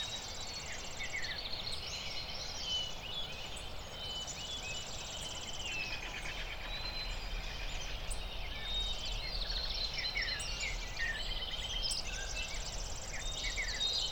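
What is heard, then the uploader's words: A dawn chorus of many birds sings at once, their chirps, trills and whistles overlapping densely and steadily for the whole stretch. Most voices sound fairly bright, over a soft, constant low outdoor hum. Lincoln Meadows. California. The morning awakes with the dawn chorus. Dark eyed junco, flycatchers, american robin, mountain quail break the morning air.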